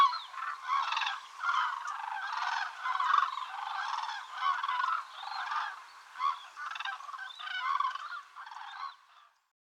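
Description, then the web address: Common cranes calling as a flock, many overlapping trumpeting, bugling notes rising and falling in rough waves, with no other sounds clear. "tydzien eko MEDIA zuraw"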